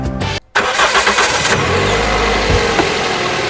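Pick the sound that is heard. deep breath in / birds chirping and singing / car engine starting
car engine starting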